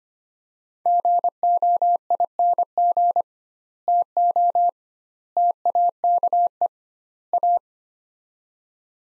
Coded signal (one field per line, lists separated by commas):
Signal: Morse code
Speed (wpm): 25 wpm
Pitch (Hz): 700 Hz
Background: none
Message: GOING TO TAKE A